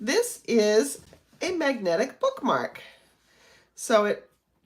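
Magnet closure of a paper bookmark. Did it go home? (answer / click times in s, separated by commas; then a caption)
no / none. A paper magnetic bookmark with magnets embedded in its two halves is handled while someone talks, with only faint, quiet handling noise in a brief pause between phrases. Its magnet closure has not clicked shut yet, and nothing has seated by the end of the clip.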